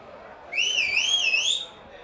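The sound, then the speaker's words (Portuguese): A single shrill whistle from the audience, called for by the performer, rises and wavers up and down for about a second, loud over a low murmur of crowd noise. “Então, pede palma, depois pede assovio.”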